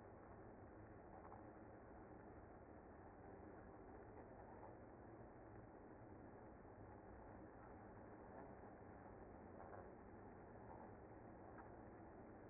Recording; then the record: honeybee colony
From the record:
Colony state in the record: active